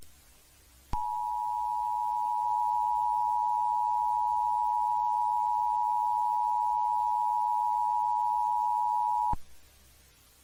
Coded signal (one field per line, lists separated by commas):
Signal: Emergency Alert System (SAME) tones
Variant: 853 and 960 Hz attention tone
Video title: [EAS Scenario] Anti-Melody | Part.1